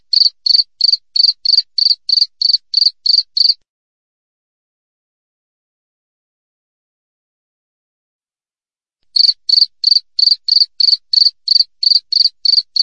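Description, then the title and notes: Cricket chirping in short, high, buzzy pulses about three per second, then a long silence of several seconds before the steady chirping resumes. Wild cricket (jangkrik alam), clear chirping with tight, close intervals, offered as a tutor recording for training songbirds and for repelling rats. "Masteran Jangkrik Alam Jernih, Jeda Rapat Cocok Untuk Masteran Burung Dan Mengusir Tikus. suara jangkrik"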